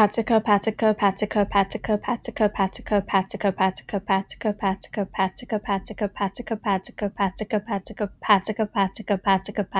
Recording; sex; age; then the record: repeated syllables /pa ta ka/; female; 30 to 39 years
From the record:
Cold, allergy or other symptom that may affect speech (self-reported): no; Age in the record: 38 years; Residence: New York, United States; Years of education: 18